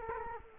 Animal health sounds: mosquito wingbeat signal from an infrared sensor; Culex quinquefasciatus

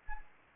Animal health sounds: mosquito wingbeat signal from an infrared sensor; Anopheles arabiensis

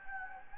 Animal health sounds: mosquito wingbeat signal from an infrared sensor; Anopheles gambiae

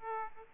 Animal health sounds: mosquito wingbeat signal from an infrared sensor; Aedes aegypti

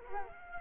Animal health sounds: mosquito wingbeat signal from an infrared sensor; Culex quinquefasciatus

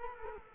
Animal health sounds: mosquito wingbeat signal from an infrared sensor; Culex quinquefasciatus

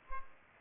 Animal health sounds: mosquito wingbeat signal from an infrared sensor; Culex pipiens

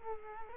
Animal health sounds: mosquito wingbeat signal from an infrared sensor; Culex quinquefasciatus

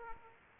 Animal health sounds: mosquito wingbeat signal from an infrared sensor; Culex quinquefasciatus

